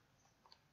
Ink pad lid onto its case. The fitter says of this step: just make sure you hear that snap